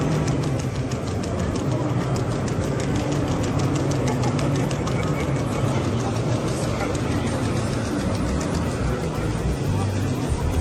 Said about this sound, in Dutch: Ja, geen zorgen, hij is niet aan het schieten. Dit getik is het geluid als de robothond loopt.